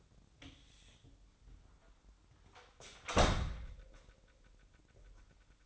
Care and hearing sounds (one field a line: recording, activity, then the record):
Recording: daily activity, microphone in the room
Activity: close door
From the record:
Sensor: 3